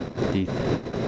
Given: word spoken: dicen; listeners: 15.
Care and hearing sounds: one Spanish word in noise, from a listening test; noise modulated by three-talker babble; -3.4 dB; 0 of 15; 7 of 15; 0.68 s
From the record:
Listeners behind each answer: 7, 3, 2, 1, 1, 1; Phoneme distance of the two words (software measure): 7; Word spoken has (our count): 2 syllables, 5 phonemes, stress on syllable 1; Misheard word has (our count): 2 syllables, 4 phonemes, stress on syllable 1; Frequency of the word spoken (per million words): 100.83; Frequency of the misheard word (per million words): 368.73

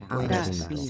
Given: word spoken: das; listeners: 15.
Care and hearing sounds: one Spanish word in noise, from a listening test; four-talker babble; -2.7 dB; 0 of 15; 6 of 15; 0.50 s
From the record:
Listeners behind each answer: 6, 3, 2, 1, 1, 1, 1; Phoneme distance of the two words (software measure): 24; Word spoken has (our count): 1 syllable, 3 phonemes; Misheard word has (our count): 2 syllables, 5 phonemes, stress on syllable 2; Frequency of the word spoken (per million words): 17.19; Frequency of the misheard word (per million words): 110.03

